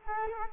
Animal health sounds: mosquito wingbeat signal from an infrared sensor; Culex quinquefasciatus

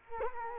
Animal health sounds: mosquito wingbeat signal from an infrared sensor; Culex quinquefasciatus

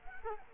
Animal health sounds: mosquito wingbeat signal from an infrared sensor; Culex quinquefasciatus

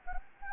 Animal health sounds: mosquito wingbeat signal from an infrared sensor; Anopheles gambiae

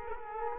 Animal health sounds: mosquito wingbeat signal from an infrared sensor; Culex quinquefasciatus

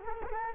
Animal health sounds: mosquito wingbeat signal from an infrared sensor; Culex quinquefasciatus

